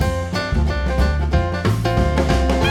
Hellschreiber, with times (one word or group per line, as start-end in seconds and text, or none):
none